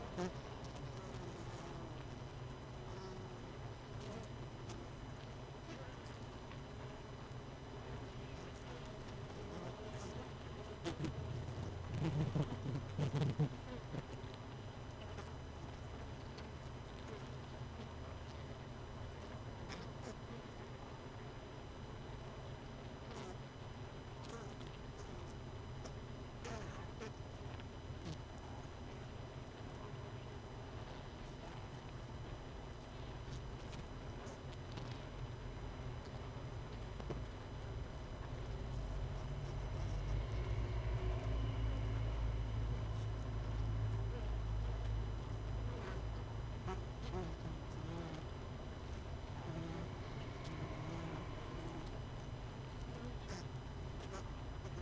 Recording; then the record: honeybee colony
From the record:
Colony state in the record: missing queen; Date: 31 May 2018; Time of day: 18:14